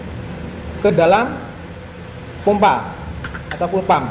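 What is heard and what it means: A fuel pressure gauge hose quick-connector is being handled at the fuel pump outlet of an injected motorcycle, ready to be pushed on. Someone talks over a steady low background hum. Nothing has seated or clicked yet.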